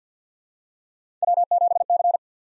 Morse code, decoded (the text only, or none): W7C